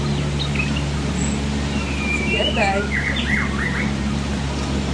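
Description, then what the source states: White-rumped shama song: a burst of varied whistled notes, rising and falling slurs and quick warbled phrases in the middle, over a steady low hum. In the forest.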